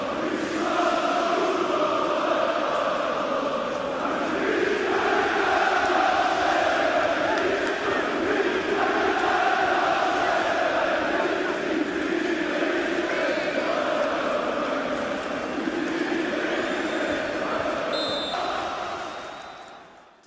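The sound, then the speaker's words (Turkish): A large crowd of Beşiktaş football fans in the stands at İnönü chants loudly and continuously in unison, many of them shirtless in freezing cold weather. The rhythmic massed voices rise and fall in steady phrases for about twenty seconds before fading at the end. “Tezahüratların devam ettiği görüntülerde Beşiktaş tribünlerinin çoğunun, büyük bir kısmının soyunduğunu, üstlerini çıkardığını ve havanın soğuk, dondurucu soğuk olduğunu tekrar hatırlatalım.”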